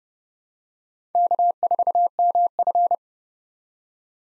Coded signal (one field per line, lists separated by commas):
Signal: Morse code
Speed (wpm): 30 wpm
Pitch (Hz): 700 Hz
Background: none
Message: K4MF